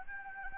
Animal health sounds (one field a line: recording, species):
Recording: mosquito wingbeat signal from an infrared sensor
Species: Anopheles gambiae